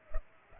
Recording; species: mosquito wingbeat signal from an infrared sensor; Culex pipiens